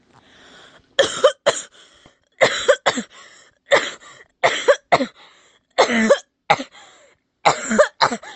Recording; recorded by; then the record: voluntary cough; messaging app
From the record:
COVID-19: negative